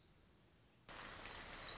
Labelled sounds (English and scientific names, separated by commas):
Orange-crowned Warbler (Leiothlypis celata)